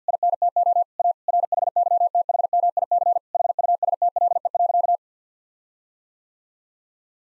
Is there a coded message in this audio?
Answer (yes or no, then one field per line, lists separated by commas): yes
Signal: Morse code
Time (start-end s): 0.1-5.0 s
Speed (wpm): 50 wpm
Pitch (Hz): 700 Hz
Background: none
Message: INTO A RHYTHMIC HUSTLE.